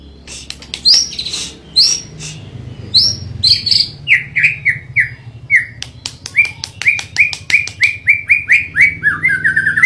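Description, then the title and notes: White-rumped Shama song: a few high whistles, then a steady run of clear downslurred whistled notes with sharp clicks between. "MURAI BATU MONSTER. Murai Gilaa"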